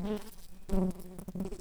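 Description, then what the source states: Common carder bee buzzing, a low steady droning tone that swells and fades in short pulses over soft background noise. Workers.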